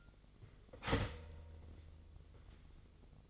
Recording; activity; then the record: daily activity, microphone in the room; start toaster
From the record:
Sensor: 4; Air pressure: 1002.9 hPa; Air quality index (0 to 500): 237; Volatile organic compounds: 17 ppm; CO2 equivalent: 2570 ppm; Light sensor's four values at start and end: 21/74/27/27 and 19/63/24/23